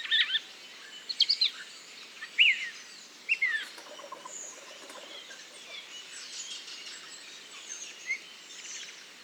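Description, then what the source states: Redwing subsong: a few clear whistled and squeaky phrases in the first four seconds, then quieter rambling twitter and soft scratchy notes. Solitary bird giving subsong (babil) in Bois du Puech, recorded with Telinga.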